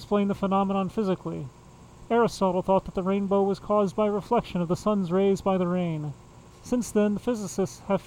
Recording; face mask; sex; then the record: reading aloud; surgical mask; male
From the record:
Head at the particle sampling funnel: facing it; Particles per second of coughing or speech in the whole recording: 0.0544